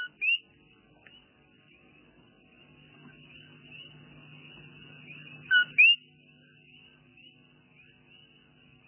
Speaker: Es el canto del coquí.